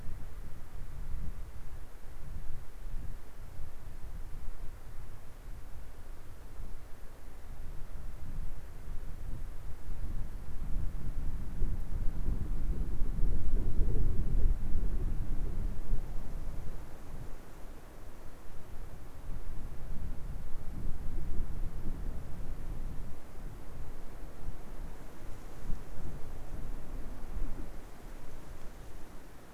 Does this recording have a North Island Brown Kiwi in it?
no